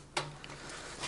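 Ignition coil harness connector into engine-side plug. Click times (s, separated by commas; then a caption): 0.2 s. The ignition coil cable connector on a GY6 Ruckus scooter wiring harness is pushed into its mating plug on the engine, giving one sharp click at 0.2 s and then a faint tick at 0.4 s over a steady low hum. The connector is seated and clicked in.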